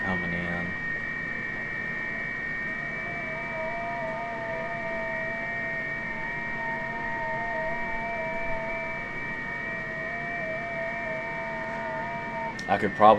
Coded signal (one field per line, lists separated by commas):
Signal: FT8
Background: speech